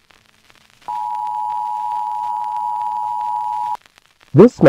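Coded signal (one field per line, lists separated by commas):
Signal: Emergency Alert System (SAME) tones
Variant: 853 and 960 Hz attention tone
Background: speech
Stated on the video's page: Fictional EAS alert made as a trailer for a horror game in development.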